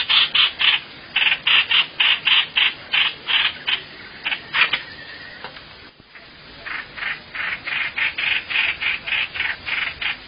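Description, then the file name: Bird giving harsh, rasping notes in fast runs, with a short pause mid-way before the series resumes. "tieng chim hoanh hoach"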